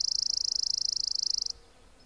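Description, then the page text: Chipping sparrow song: a dry, even, high trill of rapid chips, then quiet. "Richard E Webster - Малая воробьиная овсянка (Spizella passerina)"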